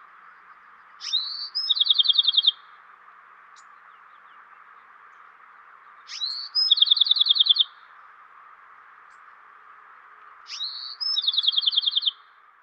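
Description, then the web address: Spotted towhee gives three songs a few seconds apart, each opening with quick high notes and ending in a dry, rapid trill; a constant soft hiss underneath. Western North America. "Dan Gibson Wildlife Identification By Sound, Western North America. Spotted Towhee"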